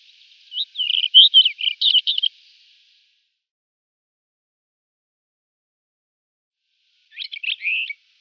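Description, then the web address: White-crowned wheatear song: a two-second phrase of scratchy, warbled and clicking notes, then a long silence before a shorter burst near the end. "Schulze Peter White-crowned Wheatear song"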